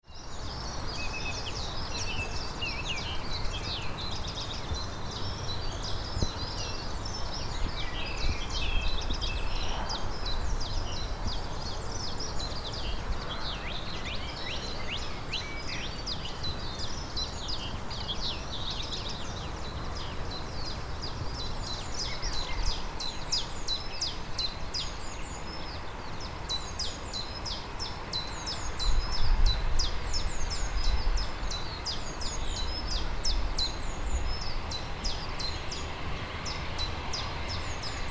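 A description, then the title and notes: Linnet, song thrush and chiffchaff sing in a dense, continuous overlapping chorus of bright chirps over a steady low rumble of noise. Biodiversity at Gatwick Airport. Linnet, song thrush and chiff chaff singing in the airport's western biodiversity zone. Recorded by Cities and Memory.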